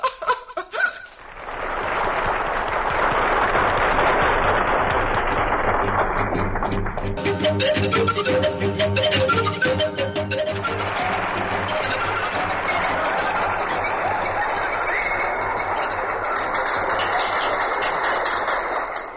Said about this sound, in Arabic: المسرحيه نجحت. سامع تشجيع الجمهور يا استاذ منير؟ تشجيع الجمهور لنادي يا اولاد هو المقياس الحقيقي لنجاحنا كلنا.